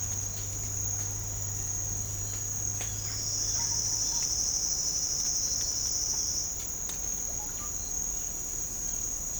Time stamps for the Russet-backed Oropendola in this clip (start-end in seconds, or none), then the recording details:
3.50-4.31. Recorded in pastures near Puerto Asís, Putumayo, Colombia, on 20 December 2024 at 07:30. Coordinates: 0.496, -76.326. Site G004